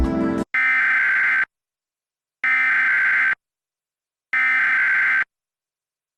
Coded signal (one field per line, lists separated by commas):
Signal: Emergency Alert System (SAME) tones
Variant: header bursts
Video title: EAS Reenactment Mock: Tornado Warning for Duval County, TX (w/ IPAWS) - 05/26/2020